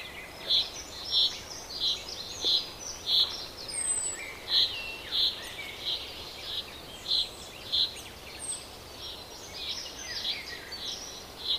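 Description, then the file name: Common chaffinch calling with bright clipped notes, evenly spaced roughly every two-thirds of a second, against steady hiss, plus a few faint high whistles. "Fringilla coelebs"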